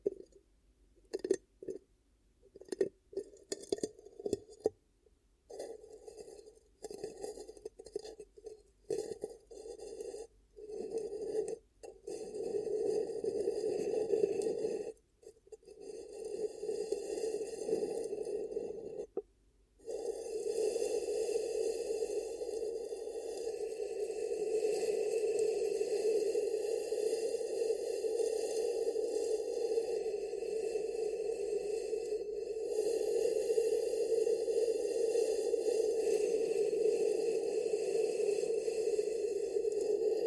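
Ear cupping sounds: muffled, hollow rushing from hands closing over the microphone. For the first twenty seconds it comes in short bursts broken by brief silences, then it settles into a steady, continuous muffled hum with only a short break around thirty-two seconds.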